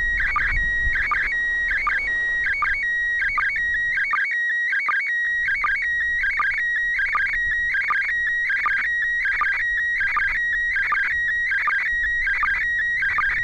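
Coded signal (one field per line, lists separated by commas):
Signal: SSTV (slow-scan television)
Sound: warbling, chirping tone with regular short low blips and steady whistles, repeating rhythmically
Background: radio static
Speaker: to be ending right now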